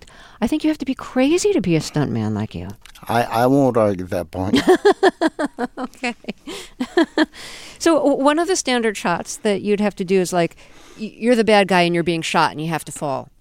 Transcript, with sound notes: I think you have to be crazy to be a stuntman like you.
I won't argue that point.
(Laughter) OK. So one of the standard shots that you'd have to do is, like, you're the bad guy, and you're being shot, and you have to fall.